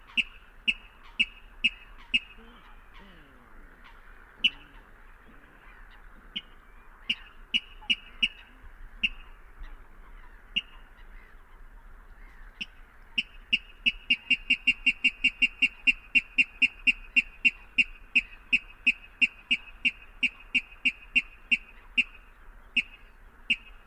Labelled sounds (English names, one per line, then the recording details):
Water Rail
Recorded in the wild
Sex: male
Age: adult
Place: Kützerhof, Kummerower See, Mecklenburg-Vorpommern, DE
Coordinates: 53.8486, 12.8594
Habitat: wetland
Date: 2009-05-04 23:51
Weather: heiter, fast windstill, 6°C
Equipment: Sound Devices 702, Sennheiser MKH 70, Rycote Windschutz
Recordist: Frommolt, Karl-Heinz